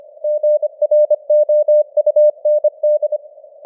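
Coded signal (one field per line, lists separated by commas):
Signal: Morse code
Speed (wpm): 25 wpm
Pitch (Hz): 600 Hz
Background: none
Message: GROUND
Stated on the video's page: News headlines in Morse at 25 wpm with simulated radio noise and varying signal strength (QSB).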